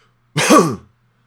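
An adult's imitated, voluntary deep cough, forcing air out, like clearing old phlegm from the lungs.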